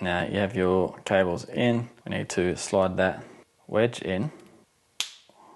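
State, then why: Seated. Someone talks while a plastic secondary-lock wedge is slid into a waterproof automotive connector housing after the wired terminals have been inserted. A single sharp, solid click sounds at 5.0 s as the wedge lock seats, followed by faint low noise.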